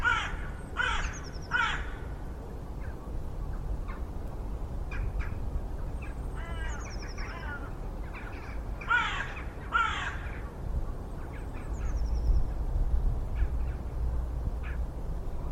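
Bird calling with rough caws, three quick ones at the start and a paired burst near ten seconds, thin high calls from other birds, and constant low background rumble.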